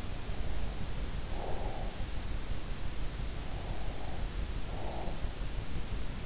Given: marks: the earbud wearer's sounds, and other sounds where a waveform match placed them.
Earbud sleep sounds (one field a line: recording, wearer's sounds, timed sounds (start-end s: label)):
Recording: sounds in sleep by an in-ear microphone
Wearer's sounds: breath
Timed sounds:
0.00-2.14 s: breath
3.11-5.56 s: breath